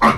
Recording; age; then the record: pig call; piglet (1 to 25 days)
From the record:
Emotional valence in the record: positive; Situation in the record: reunion after long isolation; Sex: female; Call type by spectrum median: low-frequency call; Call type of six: low-frequency tonal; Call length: 0.18 s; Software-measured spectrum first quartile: 422 Hz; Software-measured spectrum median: 956 Hz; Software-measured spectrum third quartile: 1297 Hz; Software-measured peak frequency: 1057 Hz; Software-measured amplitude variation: 91 dB a second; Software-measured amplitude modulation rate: 8.5 a second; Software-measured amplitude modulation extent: 10.7 dB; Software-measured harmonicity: 1.1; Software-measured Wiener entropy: -1.05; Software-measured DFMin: 560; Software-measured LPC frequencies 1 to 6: 1132, 1973, 3387, 4187, 4945, 5737 Hz